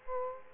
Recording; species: mosquito wingbeat signal from an infrared sensor; Culex quinquefasciatus